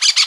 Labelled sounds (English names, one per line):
Brown-throated Parakeet contact call